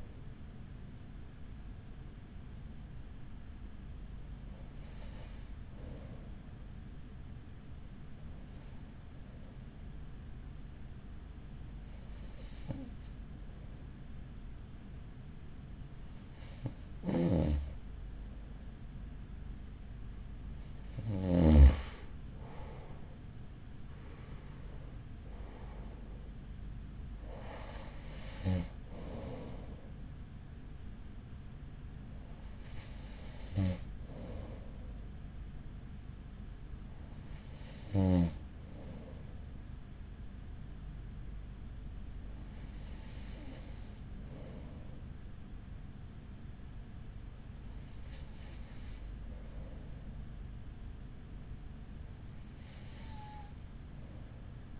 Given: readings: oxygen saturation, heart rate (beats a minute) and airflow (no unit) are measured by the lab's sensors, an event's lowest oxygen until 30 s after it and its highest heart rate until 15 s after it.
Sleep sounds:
breathing in sleep by a smartphone at the bedside; 1
4.00-25.30 s: hypopnea (N2, oxygen 95% highest, then 92% lowest, heart rate 46 at the start, 51 highest)
From the record:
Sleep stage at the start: N2 (light sleep); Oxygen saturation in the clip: 92 to 95%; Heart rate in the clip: 41 to 51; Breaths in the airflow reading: 13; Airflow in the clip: -6.4 to 10.6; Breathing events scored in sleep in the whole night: 207 in 7.6 hours asleep

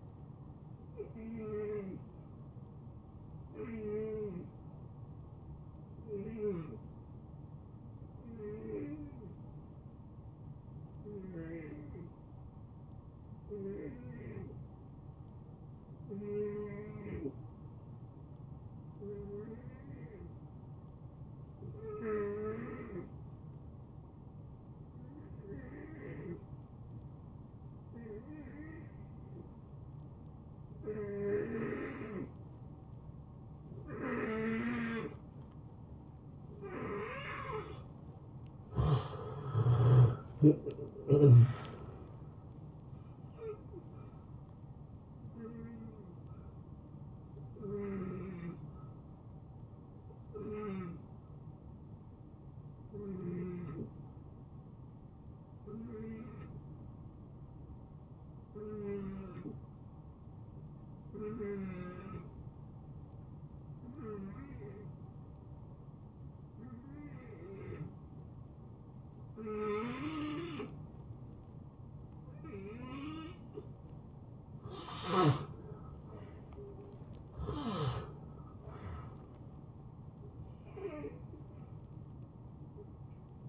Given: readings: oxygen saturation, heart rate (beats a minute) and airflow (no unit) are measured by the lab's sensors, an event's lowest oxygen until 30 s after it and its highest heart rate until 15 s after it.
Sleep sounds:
breathing in sleep by a smartphone at the bedside; 2
4.00-38.50 s: hypopnea (N2, oxygen 91% highest, then 78% lowest, heart rate 77 at the start, 80 highest)
49.00-74.80 s: hypopnea (N2, oxygen 90% highest, then 80% lowest, heart rate 80 at the start, 80 highest)
54.00-83.49 s: new sleep stage, N1 (lightest sleep)
From the record:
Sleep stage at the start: N2 (light sleep); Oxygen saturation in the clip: 78 to 91%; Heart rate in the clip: 73 to 80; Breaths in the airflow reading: 12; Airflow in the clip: -24.3 to 8.9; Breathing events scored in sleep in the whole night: 263 in 5.5 hours asleep

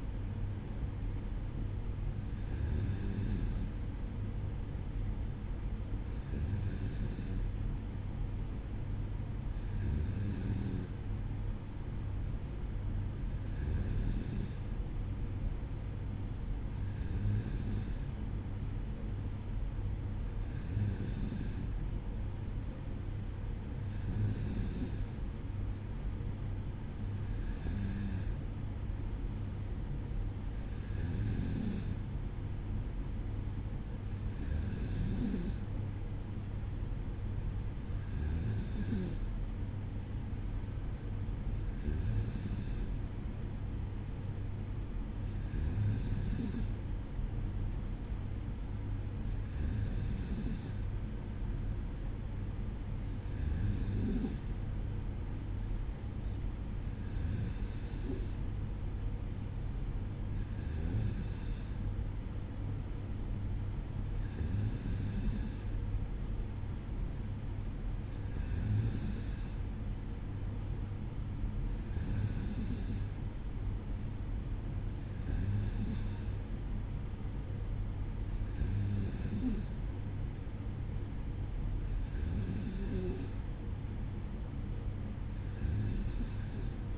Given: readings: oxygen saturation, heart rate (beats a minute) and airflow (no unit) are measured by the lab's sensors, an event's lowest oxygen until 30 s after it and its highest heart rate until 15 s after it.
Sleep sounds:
breathing in sleep by a smartphone at the bedside; none
22.00-52.00 s: new sleep stage, N3 (deep sleep)
52.00-86.97 s: new sleep stage, N2 (light sleep)
From the record:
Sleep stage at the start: N2 (light sleep); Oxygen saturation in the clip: 94%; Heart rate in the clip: 54 to 57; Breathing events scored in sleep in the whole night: 305 in 9.6 hours asleep

